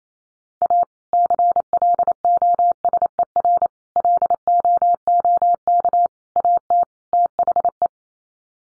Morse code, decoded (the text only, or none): A CLOSER LOOK AT THE